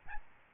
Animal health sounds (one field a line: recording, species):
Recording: mosquito wingbeat signal from an infrared sensor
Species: Aedes albopictus